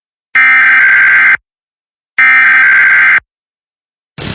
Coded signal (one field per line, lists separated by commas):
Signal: Emergency Alert System (SAME) tones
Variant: header bursts